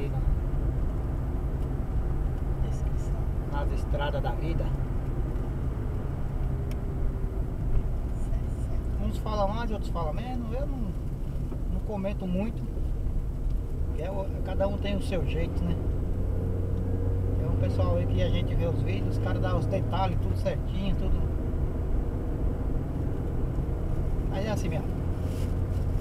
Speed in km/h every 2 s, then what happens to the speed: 72, 72, 63, 58, 50, 44, 45, 51, 56, 59, 63, 67, 70.
2-10 brakes to 44. 10-26 speeds up to 70.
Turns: none.